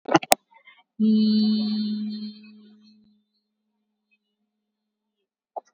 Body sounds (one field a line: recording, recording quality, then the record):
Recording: sustained vowel as in beet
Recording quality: excellent, no background noise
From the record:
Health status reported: COVID-19 positive, mild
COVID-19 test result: positive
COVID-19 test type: RT-PCR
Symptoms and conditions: cough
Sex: female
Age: 18 years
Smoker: no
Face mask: worn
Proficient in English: yes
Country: India